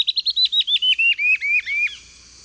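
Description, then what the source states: Lawrence's thrush singing a rapid series of about a dozen sharp, clipped notes that step steadily downward in pitch, slowing slightly before stopping. Eastern lowlands of South America.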